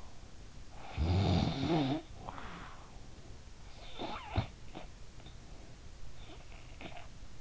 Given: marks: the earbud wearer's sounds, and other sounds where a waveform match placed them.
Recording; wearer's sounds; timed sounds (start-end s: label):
sounds in sleep by an in-ear microphone; snoring breath
0.57-2.77 s: snoring breath
3.57-5.39 s: snoring breath